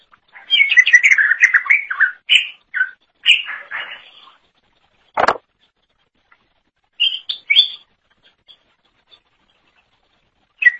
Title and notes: Suara Kicauan Burung Cucak Ijo Durasi Panjang